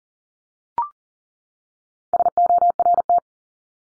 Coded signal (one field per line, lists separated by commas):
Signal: Morse code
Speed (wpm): 40 wpm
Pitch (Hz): 700 Hz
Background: none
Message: SORT